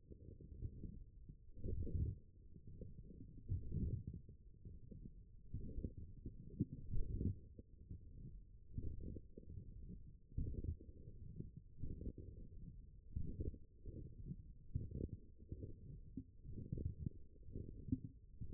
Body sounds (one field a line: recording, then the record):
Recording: forearm muscle sounds (acoustic myography)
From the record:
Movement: forearm pronation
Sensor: system 1, eight BSWA MPA416 microphones around the upper forearm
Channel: 3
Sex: male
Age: 21 years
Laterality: right